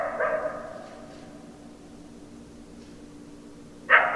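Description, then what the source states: Coyote calls: a short harmonic wavering call at the start, then quiet hiss, and a loud new call beginning at the very end. Several coyotes; 10 December 2012.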